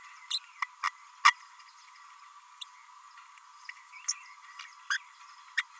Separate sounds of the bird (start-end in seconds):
0.30-0.39, 0.83-0.91, 1.24-1.33, 2.61-2.64, 4.90-4.98, 5.57-5.63